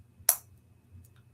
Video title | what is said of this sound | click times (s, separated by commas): Cheap & Easy DIY Christmas Ornament Gift - Budget Holiday Craft (Live) | hopefully you heard that little snap, that little pop. | 0.3 s